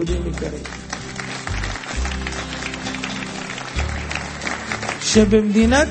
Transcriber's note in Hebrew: מחיאות כפיים